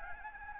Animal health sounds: mosquito wingbeat signal from an infrared sensor; Anopheles gambiae

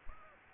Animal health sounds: mosquito wingbeat signal from an infrared sensor; Aedes aegypti

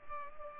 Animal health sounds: mosquito wingbeat signal from an infrared sensor; Culex pipiens

